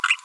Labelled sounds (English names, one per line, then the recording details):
Green-rumped Parrotlet babbling
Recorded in a nest box in Venezuela
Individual 18B25A4